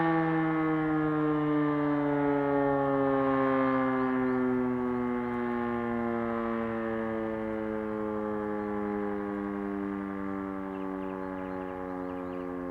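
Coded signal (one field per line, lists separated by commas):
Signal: siren signal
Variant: E57 electromechanical siren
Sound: one steady, loud wailing siren tone with a slowly sinking pitch throughout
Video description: Monatlicher Probealarm der Feuerwehrsirenen in Alfter am 20.03.2021 um 11.45 Uhr mit dem Signal "Feueralarm".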